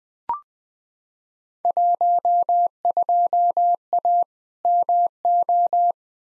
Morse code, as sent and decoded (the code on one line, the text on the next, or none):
.---- ..--- .- / -- ---
12A MO